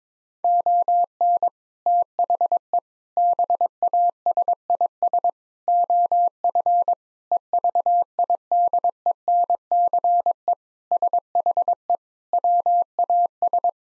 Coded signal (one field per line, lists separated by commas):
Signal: Morse code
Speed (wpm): 22 wpm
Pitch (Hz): 700 Hz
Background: none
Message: ON THE BASIS OF EVIDENCE SHE WAS